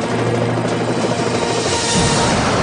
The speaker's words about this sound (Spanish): Un helicóptero de rescate aéreo estadounidense sobrevuela territorio hostil.